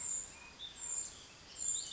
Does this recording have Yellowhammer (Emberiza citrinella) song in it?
no